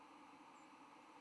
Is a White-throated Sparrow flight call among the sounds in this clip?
yes